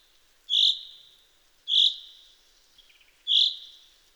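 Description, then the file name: Common chaffinch giving three sharp, ringing 'pink' calls with a fast-decaying tail, irregularly spaced, with a few faint soft notes in between. "Fringilla coelebs"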